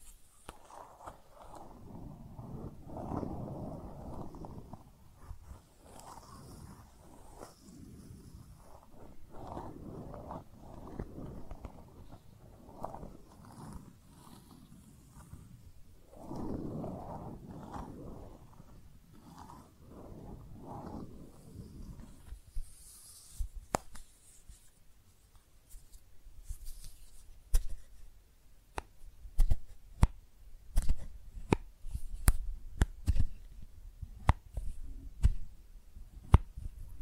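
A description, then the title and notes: Soft scratching and brushing on makeup packaging fills the first twenty-odd seconds, coming in low, muffled swells. After that it changes to sharp, dry tapping, a quick irregular run of crisp clicks and knocks that carries on to the end. ASMR Makeup Tapping & Scratching Sounds (No Talking).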